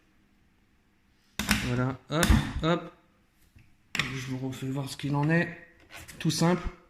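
Someone talks while handling the adjustable tilt foot in the base of an Artlii 3500-lumen video projector, with a sharp tap at about 1.4 s and a faint one near 3.6 s. The foot has not seated or clicked into position yet.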